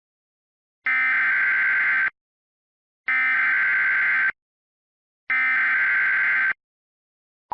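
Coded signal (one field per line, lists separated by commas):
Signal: Emergency Alert System (SAME) tones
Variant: header bursts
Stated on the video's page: Mock "angry" EAS alert, not a real broadcast; the tones are stated to be valid.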